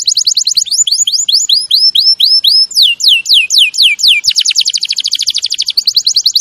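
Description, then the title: Canary song: series of clear upslurred whistles, then slower falling sweeps, then fast trills, with high thin notes above. Champion canary song used as a master recording for training other birds. "Masteran Kenari Juara"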